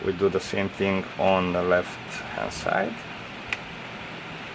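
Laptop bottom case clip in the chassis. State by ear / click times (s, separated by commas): released / 3.5 s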